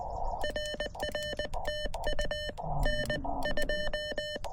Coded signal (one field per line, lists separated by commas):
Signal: Morse code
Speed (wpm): 20 wpm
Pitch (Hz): 3000 Hz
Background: none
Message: RR TU N2